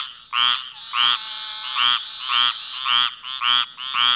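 Squirrel treefrog calls: harsh, buzzy notes repeated roughly every half second, seven bursts in a row.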